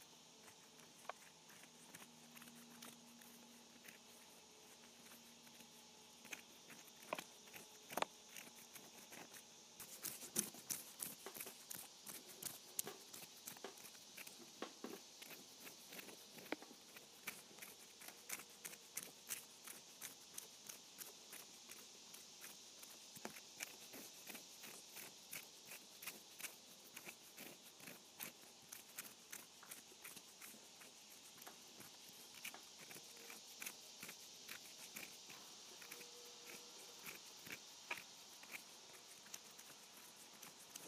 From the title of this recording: Scratching my Hands